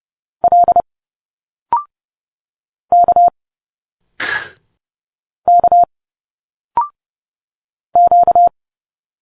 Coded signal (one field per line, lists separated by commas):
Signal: Morse code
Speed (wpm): 30 wpm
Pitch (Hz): 700 Hz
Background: none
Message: L K K Q